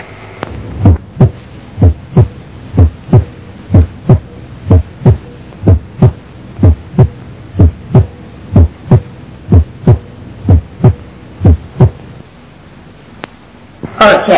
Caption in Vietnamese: Bình thường, trong một chu chuyển tim, chúng ta nghe rõ hai tiếng. Tiếng thứ nhất, trầm, dài. Tiếng thứ hai, thanh, gọn. Giữa tiếng thứ nhất đến tiếng thứ hai có một khoảng nghỉ ngắn. Và từ tiếng thứ hai đến tiếng thứ nhất của chu chuyển tiếp theo có một khoảng nghỉ dài. Tiếng tim bình thường nghe ở đáy tim.